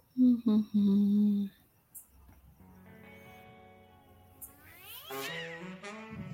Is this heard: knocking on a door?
no